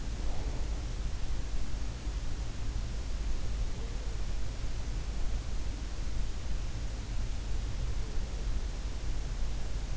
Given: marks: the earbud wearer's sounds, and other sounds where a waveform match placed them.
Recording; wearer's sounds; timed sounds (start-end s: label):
sounds in sleep by an in-ear microphone; breath
0.00-0.90 s: breath